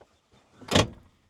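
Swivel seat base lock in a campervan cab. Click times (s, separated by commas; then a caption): 0.8 s. The driver's seat in a campervan cab is pulled forward and swivelled round to face forward until its swivel base lock latches into driving position. A faint rustle leads into a short, bright click at 0.8 s, showing the seat has locked in place.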